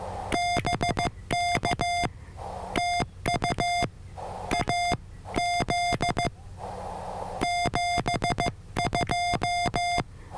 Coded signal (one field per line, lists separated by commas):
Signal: Morse code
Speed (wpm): 15 wpm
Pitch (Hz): 700 Hz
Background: none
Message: BK TU AZ 72